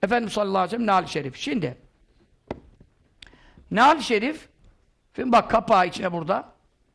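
A man talks while handling the magnetic cover on a printed holy-sandal keepsake card, with faint sharp ticks near 2.5 s and 3.2 s between his phrases. The cover is handled but not yet home: nothing has snapped shut or clicked yet.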